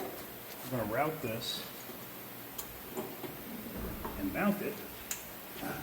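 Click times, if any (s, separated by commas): 5.1 s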